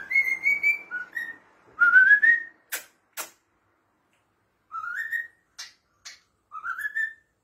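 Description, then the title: Cockatiel whistling short rising notes in scattered phrases, with sharp clicks or taps between them and long quiet gaps. "Calopsitas Cantando Assobio"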